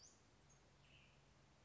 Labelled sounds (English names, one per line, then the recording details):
Western Flycatcher
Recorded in Sonoma County, California